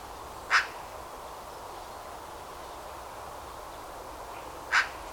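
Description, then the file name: Eurasian magpie calling twice with rough, scratchy notes about four seconds apart, steady hiss between them. "Pica pica"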